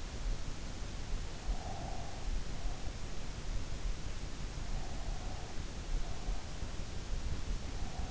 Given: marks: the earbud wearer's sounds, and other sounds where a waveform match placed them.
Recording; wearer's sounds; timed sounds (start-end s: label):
sounds in sleep by an in-ear microphone; breath
1.13-2.81 s: breath